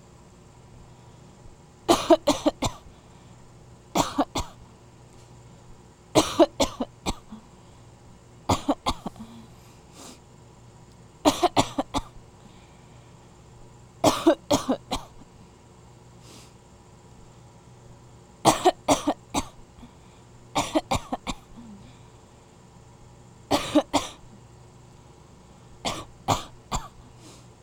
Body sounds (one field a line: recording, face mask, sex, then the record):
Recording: voluntary coughing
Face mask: surgical mask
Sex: female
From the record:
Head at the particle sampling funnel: facing it